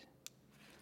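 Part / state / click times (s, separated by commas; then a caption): motorcycle ignition coil harness plug into quickshifter wiring harness connector / seated / 0.3 s. A motorcycle's main wiring harness plug, which used to go directly to the ignition coil, is pushed into socket number three of a new Crodona PQ8 quickshifter wiring harness. A single sharp, bright click lands at 0.3 s over a low background hum. The plug is seated and clicked in.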